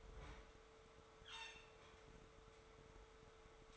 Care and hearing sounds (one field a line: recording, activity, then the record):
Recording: daily activity, microphone in the room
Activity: open fridge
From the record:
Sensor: 3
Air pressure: 1015.0 hPa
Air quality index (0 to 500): 202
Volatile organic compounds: 29 ppm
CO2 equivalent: 2946 ppm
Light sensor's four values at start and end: 37/92/39/42 and 37/92/39/42